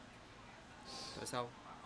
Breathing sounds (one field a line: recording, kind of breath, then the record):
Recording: one breath in and out by a microphone near the nose and mouth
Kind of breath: normal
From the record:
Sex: male